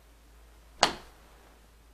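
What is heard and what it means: A second door knob trim ring is pushed onto its mounting on the other side of the door. It snaps on with a single sharp, bright click at 0.8 seconds that rings briefly. The ring is seated and confirmed in place.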